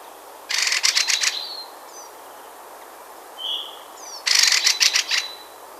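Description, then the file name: Eurasian wren delivering two rapid, stuttering rattle calls of quick pulses, separated by a short soft whistle, over a steady hissing background. "okorszem"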